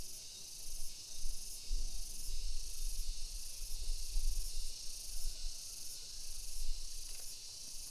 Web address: GALUNGGUNG (PERTANIAN) suara pengairan sawah dan tonggeret